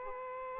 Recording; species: mosquito wingbeat signal from an infrared sensor; Aedes aegypti